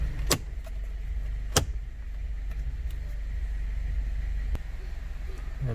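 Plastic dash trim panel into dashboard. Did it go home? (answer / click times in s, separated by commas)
yes / 0.3 s, 1.6 s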